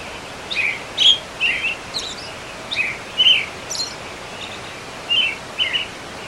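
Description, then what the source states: Bird giving brief chirping notes and a few higher squeaks at irregular intervals over continuous rushing noise. Recorded together with the sound of water.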